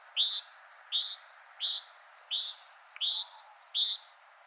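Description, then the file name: Great tit gives a quick run of calls, each a thin high whistle followed by a lower chirp, repeated several times over about four seconds. "Parus major"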